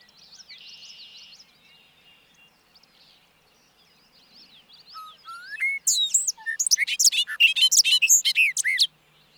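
Bobolink song: faint buzzy notes give way to a rising whistle and then a loud, bubbly tumble of tinkling, jumbled notes.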